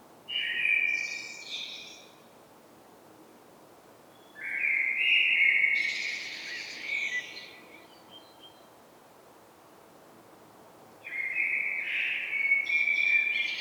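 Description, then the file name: Common blackbird singing three warbled phrases several seconds apart, each a low fluty run rising into a thin, scratchy flourish, with quiet gaps between. "Turdus merula"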